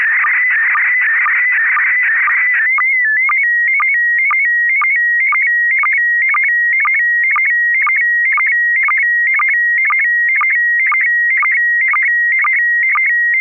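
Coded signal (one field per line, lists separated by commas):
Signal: SSTV (slow-scan television)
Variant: PD 120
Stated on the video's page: SSTV net on a 441.300 MHz FM repeater, images sent with MMSSTV.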